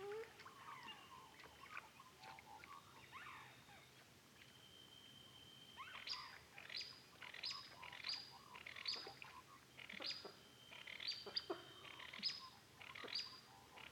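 Black-tailed nativehen calling: quiet start, then a rapid series of sharp, scratchy notes, over a thin whistle and background hiss.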